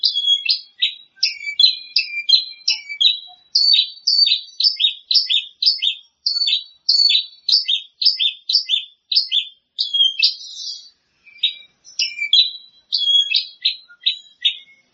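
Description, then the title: Greater green leafbird song: a rapid, nearly continuous run of sharp slurred chirps and short whistles, broken by a brief buzzy burst near the ten-second mark. "Kicau Cucak Ijo"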